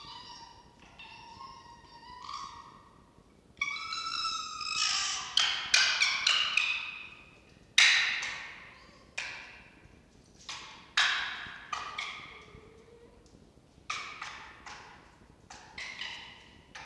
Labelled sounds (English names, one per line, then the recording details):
Red Fox
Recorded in captivity
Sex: group
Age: diverse
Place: Zoologisches Institut der HUB, Berlin, DE
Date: 1952-11-24 18:00
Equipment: Elmetra
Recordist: Tembrock, Günter